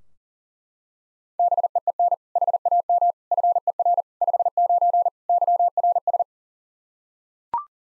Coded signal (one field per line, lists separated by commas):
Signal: Morse code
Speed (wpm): 37 wpm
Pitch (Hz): 700 Hz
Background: none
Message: BEEN HAM FER 59 YRS